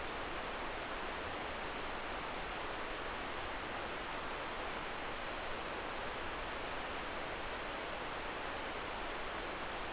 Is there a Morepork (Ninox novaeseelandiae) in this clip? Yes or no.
no